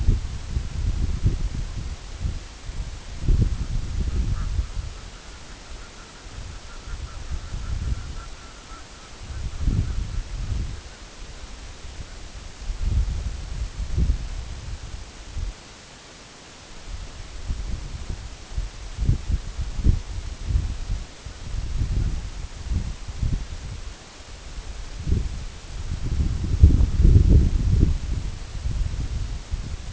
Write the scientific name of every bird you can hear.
Somateria spectabilis, Branta canadensis